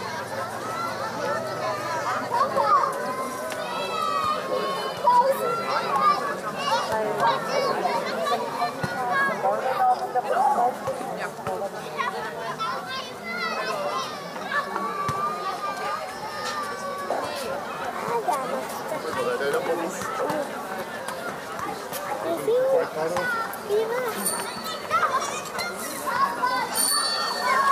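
Children play and chatter on a playground, their voices overlapping into a dense, continuous murmur with brighter shouts and calls rising out every few seconds. The level stays fairly even throughout, with a steady low hum underneath and occasional sharp clicks or knocks.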